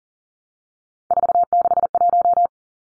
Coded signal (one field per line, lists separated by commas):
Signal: Morse code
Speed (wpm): 40 wpm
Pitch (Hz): 700 Hz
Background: none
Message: 461